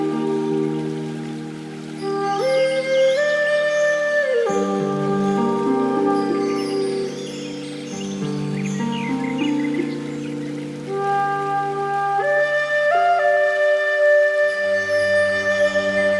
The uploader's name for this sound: Chakra Meditation Music and Relaxing Nature Sounds